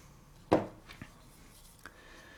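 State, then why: Not seated. A recoil spring is handled while being fitted into the slide of a Tokarev TT-33 pistol during reassembly; the spring is not very stable once in place. A sharp knock at 0.5 s is followed by fainter taps near 1.0 s and 1.9 s. The recoil spring assembly has not yet seated or locked in place.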